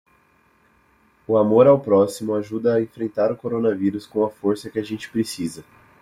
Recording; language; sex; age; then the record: spoken sentence; Brazilian Portuguese; male; 20 to 29 years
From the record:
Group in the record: control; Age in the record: 23 years